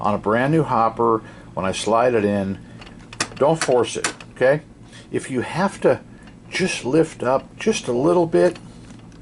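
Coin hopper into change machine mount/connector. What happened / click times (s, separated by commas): The module is being handled but has not seated; no click yet / none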